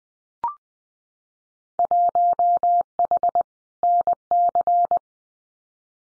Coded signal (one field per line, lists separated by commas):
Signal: Morse code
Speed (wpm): 20 wpm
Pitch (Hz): 700 Hz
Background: none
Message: 1H NC